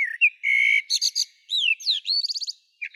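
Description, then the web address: Common blackbird song phrase: clear whistled notes, some sliding up or down, mixed with fast buzzy chatters and a quick twittering trill near the end. "Turdus merula"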